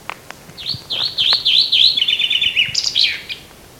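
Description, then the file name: Common chaffinch song: a rapid run of bright, downslurred notes slowly dropping in pitch, speeding into a rattle and ending in a sharp flourish, all within three seconds. "Fringilla coelebs"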